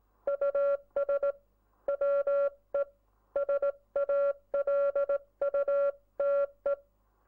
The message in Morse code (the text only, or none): US WE SALUTE